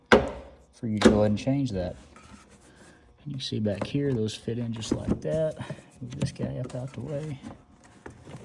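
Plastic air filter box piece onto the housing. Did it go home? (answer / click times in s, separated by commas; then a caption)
yes / 8.1 s. On a 2011–2020 Chrysler Town & Country / Dodge Grand Caravan, during a purge valve solenoid replacement, a plastic air filter box piece is moved out of the way and pressed down onto its housing while someone talks. Soft rubbing and handling sounds run under the talking, and the piece pops into place with a sharp click at 8.1 s.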